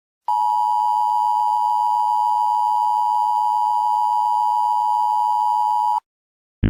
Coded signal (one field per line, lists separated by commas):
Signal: Emergency Alert System (SAME) tones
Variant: 853 and 960 Hz attention tone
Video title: Eas Scenario (Alternatives)￼￼